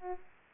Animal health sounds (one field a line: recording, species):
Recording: mosquito wingbeat signal from an infrared sensor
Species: Aedes aegypti